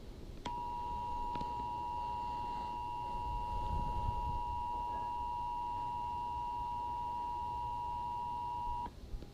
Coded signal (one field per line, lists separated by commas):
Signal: Emergency Alert System (SAME) tones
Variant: 853 and 960 Hz attention tone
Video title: EAS scenario 3 India versus America